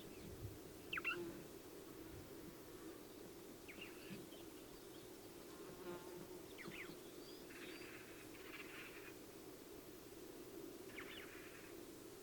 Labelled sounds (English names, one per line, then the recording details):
Eurasian Magpie call
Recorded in the wild
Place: Chudjirt, MN
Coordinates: 47.013, 102.255
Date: 1979-06-05
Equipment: Nagra III BH, Sennheiser MD 21, parabola
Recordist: Schubert, Michael